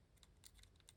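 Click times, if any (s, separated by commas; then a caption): none. A Casio Royal AE1200 digital watch module is handled against a modded SKXMOD replacement watch case with its buttons lined up, ready to be pressed in. Quiet, light tapping ticks sound around 0.2, 0.45, 0.6 and 0.9 seconds over a low background hum. The module has not seated or clicked into place yet.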